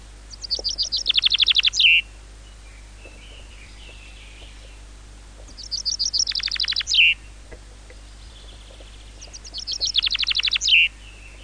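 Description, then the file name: Common chaffinch song: three bright, rapid descending trills, each ending in a sharp flourish, repeated about every four and a half seconds. "Fringilla coelebs"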